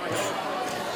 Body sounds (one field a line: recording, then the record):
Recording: coughing mixed with background sound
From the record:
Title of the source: Cough Around the Clock!